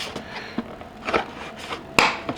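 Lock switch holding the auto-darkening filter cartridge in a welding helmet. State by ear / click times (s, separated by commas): seated / 2.0 s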